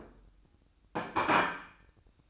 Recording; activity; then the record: daily activity, microphone in the room; place plate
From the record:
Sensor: 2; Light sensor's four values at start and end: 6/15/6/6 and 6/15/6/6